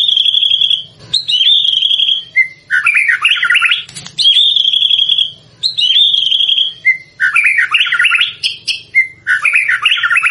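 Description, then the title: White-rumped shama song: clear flat whistles followed by fast buzzy jumbled notes, the pattern repeated, with brief pauses between. Used as a lure recording to make shamas respond; described as gacor, meaning singing vigorously and continuously. "PANCINGAN MEWAH MURAI BATU GACOR, SEKALI DENGAR AMPUH LANGSUNG RESPON"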